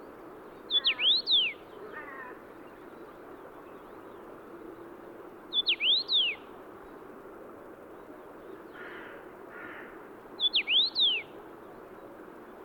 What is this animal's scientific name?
Carpodacus erythrinus